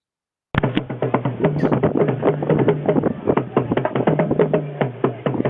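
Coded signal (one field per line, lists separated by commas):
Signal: talking drum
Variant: Atumpan (Akan)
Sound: rapid drum strokes on two pitched drums, low and high tones alternating, continuous rhythm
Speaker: the atom pan is a pair of drums that's used to do that kind of speaking here's a i'll just show you a little bit of this they were having a school competition and so the way it worked was the judges would hand the student a little piece of paper he would unroll it he didn't know what was coming and then read a proverb and he would have to drum that proverb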